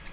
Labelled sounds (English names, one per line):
Nashville Warbler flight call